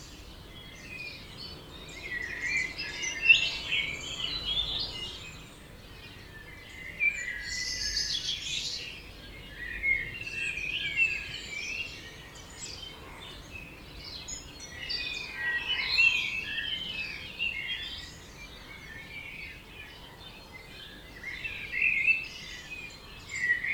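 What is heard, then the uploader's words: Birds chirp and trill almost continuously over a soft low rumble, with brighter bursts of song around 3, 7, 10, 16 and 22 seconds. Birds Oberhofen Inntal Austria - 4am - binaural version.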